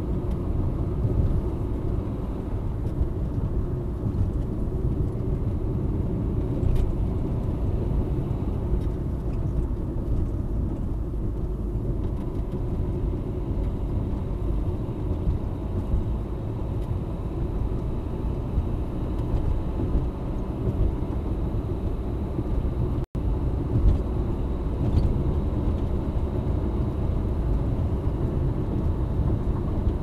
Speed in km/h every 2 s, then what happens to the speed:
66, 65, 65, 62, 64, 53, 53, 55, 59, 64, 68, 70, 73, 76, 78.
0-12 slows to 53. 12-30 speeds up to 78.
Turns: none.